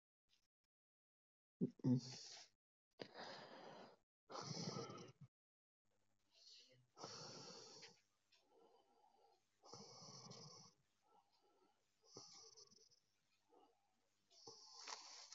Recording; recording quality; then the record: deep breathing; excellent, no background noise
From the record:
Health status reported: COVID-19 positive, moderate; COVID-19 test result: positive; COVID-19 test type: RT-PCR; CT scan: not taken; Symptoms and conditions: cough, cold, sore throat, fever, fatigue, muscle pain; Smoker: no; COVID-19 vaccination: both doses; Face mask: worn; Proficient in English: yes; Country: India